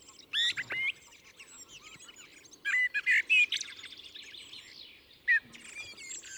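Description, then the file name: Common blackbird's fluty warbles and high twitters. "Turdus merula"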